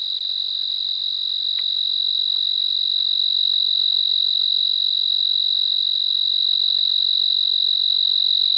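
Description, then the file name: Tree cricket giving a continuous, steady high trill at one pitch, with a faint click partway through. Recorded on 26 March 2011 at a temperature of 24 °C. "Oecanthus pictus W 12 – Recorded at 26 03 2011 – 24 degree Celsius"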